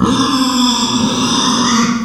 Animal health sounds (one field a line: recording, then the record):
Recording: squeal of a Yucatan mini pig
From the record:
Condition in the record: after surgery on the right vocal fold (resection and tissue-engineered implant)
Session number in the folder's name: 14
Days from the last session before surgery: 133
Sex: female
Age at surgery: 19 weeks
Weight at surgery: 25 kg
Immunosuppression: prednisolone